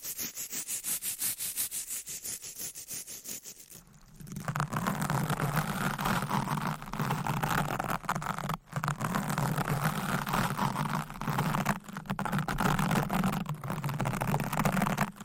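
Scratching and tapping: quick, regular bright scrapes for about four seconds, then a denser, louder rubbing with a steady low hum and brief dropouts.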